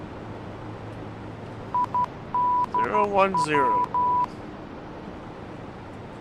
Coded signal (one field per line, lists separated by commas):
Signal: Morse code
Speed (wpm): 12 wpm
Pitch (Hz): 990 Hz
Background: speech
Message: IDW